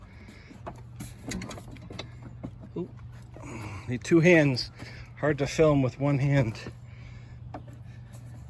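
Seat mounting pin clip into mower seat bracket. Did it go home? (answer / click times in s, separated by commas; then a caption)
no / none. On a John Deere EZTrak Z225 mower, during a fix for a sloppy hydro handle that keeps falling down, a pin is being worked through the seat mount bracket to take a spring retaining clip. Light handling taps and knocks sound over a steady low hum while someone talks. The clip ends before anything seats, so nothing has clicked into place yet.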